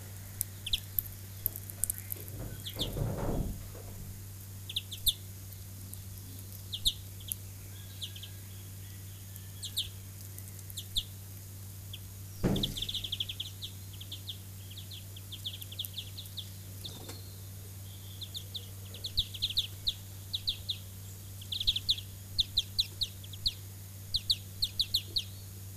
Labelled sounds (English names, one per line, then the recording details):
European Greenfinch call
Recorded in the wild
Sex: group
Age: juvenile
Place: Kaiserslautern, Rheinland-Pfalz, DE
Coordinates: 49.4247, 7.77889
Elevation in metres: 279
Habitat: garden
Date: 1983-06-12
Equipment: Uher 4000 Report, Parabolreflektor (30 cm Durchmesser)
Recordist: Tretzel, Erwin